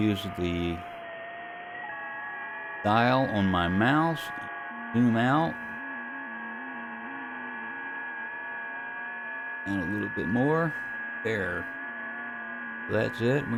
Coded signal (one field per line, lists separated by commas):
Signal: FT8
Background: speech